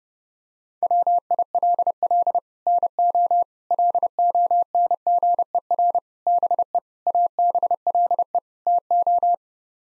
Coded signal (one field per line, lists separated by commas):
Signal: Morse code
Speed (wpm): 32 wpm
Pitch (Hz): 700 Hz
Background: none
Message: WILL NO LONGER BE ABLE TO